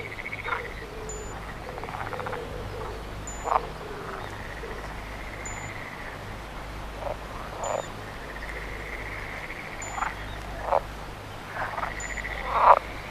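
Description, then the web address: Frog croaks, short rasping calls given irregularly every few seconds, some with drawn-out tones, over a constant low hum and faint regular high ticks. "Frosch"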